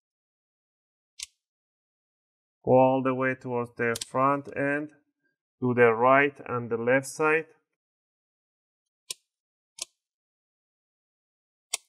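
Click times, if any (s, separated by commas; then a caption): 9.1 s, 9.8 s, 11.7 s. The plastic bottom cover of an Asus Vivobook Flip 14 TP410U laptop is rotated and pried toward the front on the right and left sides so its retaining clips release from the chassis. After a brief tick at about 1.2 s, someone talks from about 2.7 to 7.5 s. Then sharp clicks at 9.1 s, 9.8 s and 11.7 s mark the clips snapping open.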